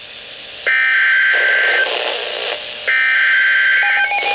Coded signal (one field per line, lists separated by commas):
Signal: Emergency Alert System (SAME) tones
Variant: header bursts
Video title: Severe T-Storm Warning [EAS #184] 4/16/13